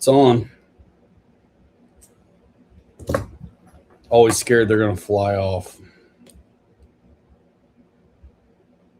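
While building an RC car kit, someone handles a small snap-on part being pushed onto its mount, with someone talking and a few brief handling ticks around 3 seconds in a quiet setting. Nothing has seated or clicked yet; the part is not home by the end.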